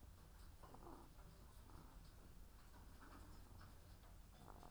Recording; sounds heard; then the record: poultry house recording; sick chickens (respiratory disease)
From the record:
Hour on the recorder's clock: 13